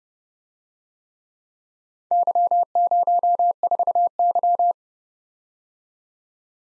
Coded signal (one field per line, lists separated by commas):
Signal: Morse code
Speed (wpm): 31 wpm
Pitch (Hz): 700 Hz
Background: none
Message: Y04Y